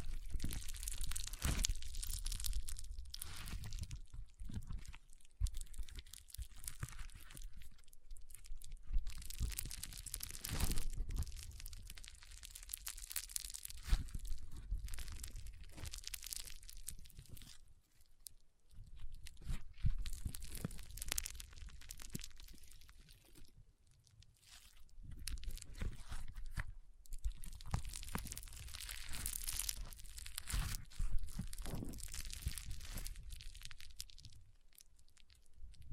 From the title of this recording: ASMR Powerful Foam Brain Massage